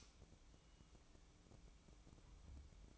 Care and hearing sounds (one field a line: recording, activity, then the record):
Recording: daily activity, microphone in the room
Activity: light on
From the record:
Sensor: 1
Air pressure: 1007.9 hPa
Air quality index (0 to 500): 115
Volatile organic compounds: 1 ppm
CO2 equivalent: 970 ppm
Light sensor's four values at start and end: 12/28/11/13 and 22/66/27/28